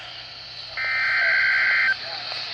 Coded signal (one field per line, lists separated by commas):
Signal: Emergency Alert System (SAME) tones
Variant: header bursts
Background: speech